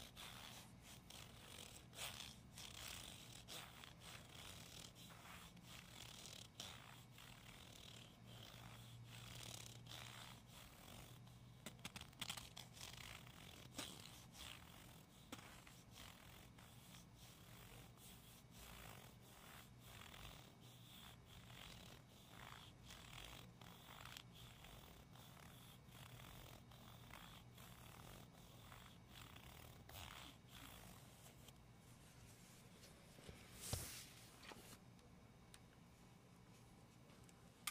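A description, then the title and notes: Gentle ASMR tapping and scratching runs steadily for the whole stretch, a dense flow of short, soft strikes and dry scrapes at a medium, fairly even pace. A low steady hum sits underneath, and one brighter, sharper tap stands out near 34 seconds. ASMR medium gentle tapping and scratching.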